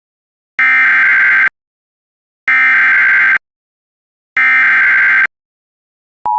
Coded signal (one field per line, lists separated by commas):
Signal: Emergency Alert System (SAME) tones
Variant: header bursts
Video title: EAS #719 Immediate Evacuation